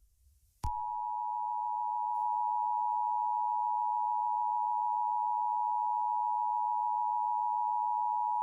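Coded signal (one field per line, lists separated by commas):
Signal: Emergency Alert System (SAME) tones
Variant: 853 and 960 Hz attention tone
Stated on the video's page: Fictional wildfire EAS scenario, not a real alert.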